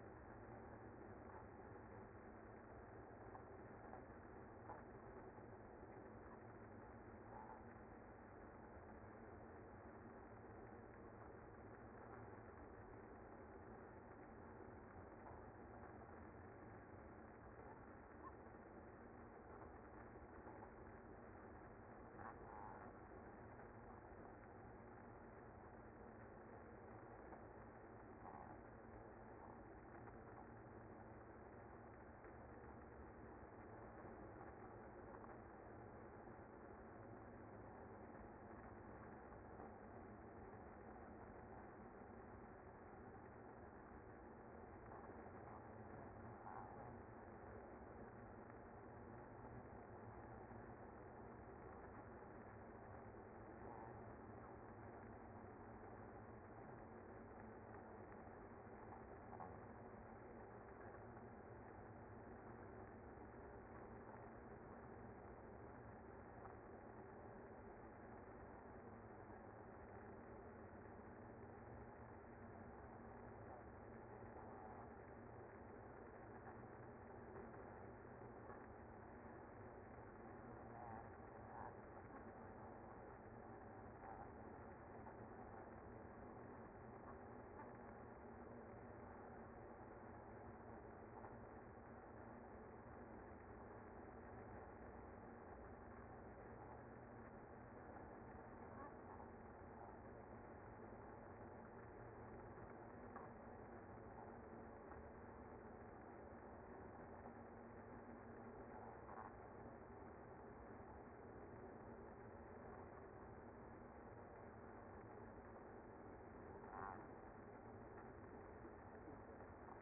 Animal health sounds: honeybee colony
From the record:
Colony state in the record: active

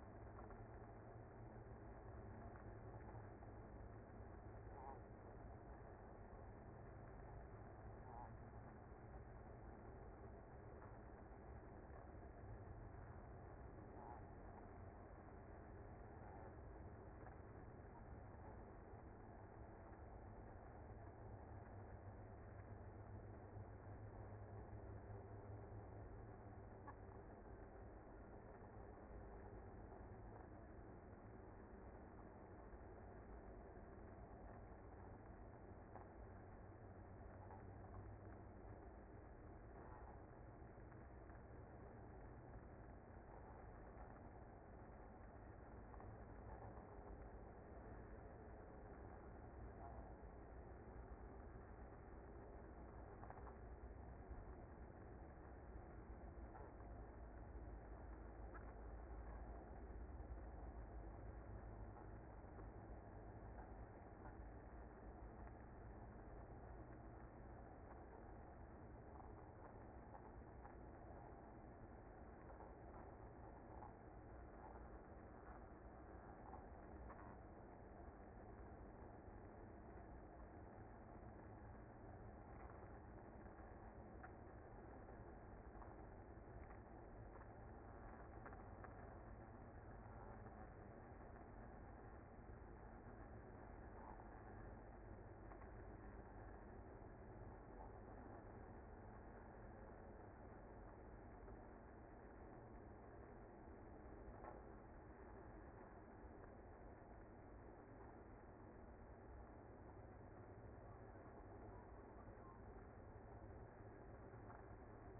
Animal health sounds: honeybee colony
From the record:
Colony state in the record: active

